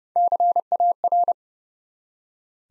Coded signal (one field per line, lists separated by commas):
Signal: Morse code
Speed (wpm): 30 wpm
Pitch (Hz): 700 Hz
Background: none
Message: CAR